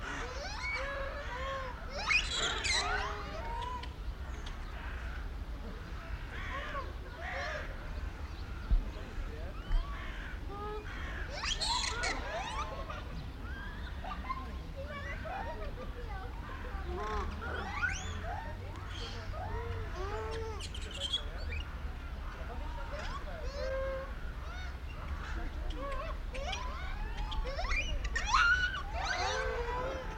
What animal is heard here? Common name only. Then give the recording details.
Japanese Macaque. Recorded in captivity. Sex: group. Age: diverse. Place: Zoo Berlin, Berlin, DE. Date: 1994-10-01 14:16. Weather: wolkig (Regen)-heiter, 12°C. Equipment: Marantz CP 430, Sennheiser ME 80, Kopie Uher Variocord 263. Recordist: Tembrock, Günter